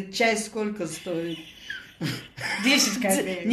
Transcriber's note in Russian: смеются